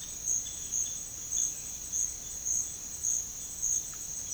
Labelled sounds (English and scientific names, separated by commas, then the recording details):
none
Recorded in pastures near Puerto Asís, Putumayo, Colombia, on 21 March 2025 at 08:30
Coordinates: 0.502, -76.324
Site GP07